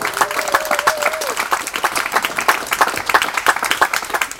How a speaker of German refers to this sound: Und auch für Sie wollen wir doch einen schönen Applaus geben. Danke.